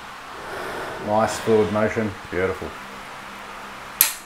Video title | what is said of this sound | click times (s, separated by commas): Formula Atlantic 4age Build Part 5 | the way until it clicks yeah if you stop you've got to back it off | 4.0 s